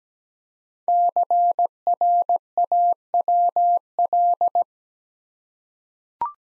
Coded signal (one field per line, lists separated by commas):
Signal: Morse code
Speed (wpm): 17 wpm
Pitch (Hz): 700 Hz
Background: none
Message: CRAWL